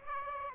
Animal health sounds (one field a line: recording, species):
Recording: mosquito wingbeat signal from an infrared sensor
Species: Aedes aegypti